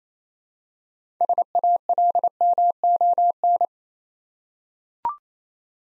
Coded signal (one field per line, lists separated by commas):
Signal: Morse code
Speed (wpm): 28 wpm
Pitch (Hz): 700 Hz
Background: none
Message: SALMON